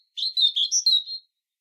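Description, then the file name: European robin song phrase of several quick warbled notes around high pitch, slurred and tumbling over about a second, with silence around it. "Erithacus rubecula"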